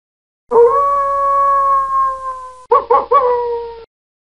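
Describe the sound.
Wolf howl: a loud, steady, level tone held for about two seconds, followed by two short broken notes and a briefer howl that slightly falls.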